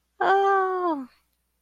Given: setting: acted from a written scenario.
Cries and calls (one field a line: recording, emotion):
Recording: vocal sound without words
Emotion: elation